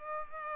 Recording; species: mosquito wingbeat signal from an infrared sensor; Culex pipiens